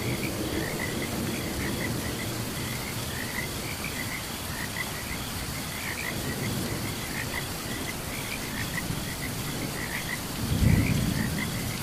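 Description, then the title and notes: Frogs chirp rapidly and unevenly over rain, with a brief low rumble near the end. Frogs calling alongside crickets during a thunderstorm. "Frogs and Crickets Chirping During Thunderstorm. Sleep and Relaxation Podcast"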